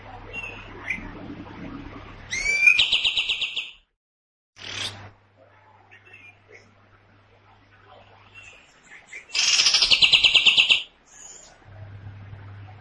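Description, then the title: Cream-vented bulbul giving two loud, harsh, buzzy bursts, each over a second long and rapidly pulsed, with a short burst and softer chirps between them and an intermittent low hum. Loud, harsh, long song in the style called long shot; used as a lure for training songbirds. "Pikat Masteran Kapas Tembak. Tembakan Panjang Kapas Tembak Gacor Suara Lantang Kasar"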